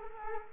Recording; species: mosquito wingbeat signal from an infrared sensor; Culex quinquefasciatus